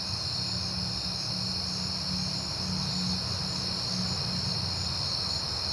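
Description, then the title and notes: Crickets keep up a high, steady chirping chorus while a loud low droning hum, like passing traffic, rises and falls underneath. Crickets recorded outdoors at night in September on a peaceful night, with cars passing. "Night Time: Crickets and Passing Cars. It is September and I have been hearing the crickets a lot, but finally had a peaceful night to make the recording"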